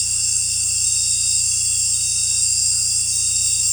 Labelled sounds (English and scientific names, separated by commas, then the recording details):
none
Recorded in dense forest near Puerto Asís, Putumayo, Colombia, on 16 December 2024 at 18:30
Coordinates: 0.467, -76.328
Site GP05